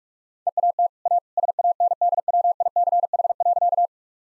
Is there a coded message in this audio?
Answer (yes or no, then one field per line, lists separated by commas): yes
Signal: Morse code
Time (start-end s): 0.5-3.9 s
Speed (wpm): 44 wpm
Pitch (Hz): 700 Hz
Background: none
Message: EAT A SANDWICH.